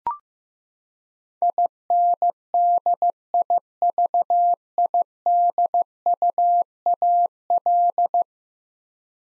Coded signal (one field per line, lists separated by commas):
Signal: Morse code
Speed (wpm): 15 wpm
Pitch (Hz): 700 Hz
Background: none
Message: INDIVIDUAL